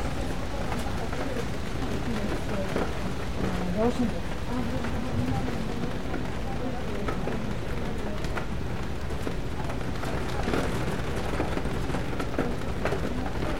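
Rain patters steadily against a bookstore window, with soft murmured voices, occasional clinks, and a constant low rumble underneath throughout.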